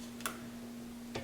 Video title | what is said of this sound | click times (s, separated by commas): Should You Buy A HTVRONT Swing Arm Press? Let's Try 3 Projects! | the pressure so now I can feel the pressure there we go we heard our click | 0.3 s